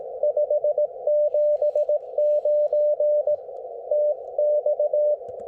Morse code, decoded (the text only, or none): 579 TX